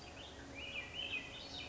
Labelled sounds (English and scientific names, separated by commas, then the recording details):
Swainson's Thrush (Catharus ustulatus)
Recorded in Sonoma County, California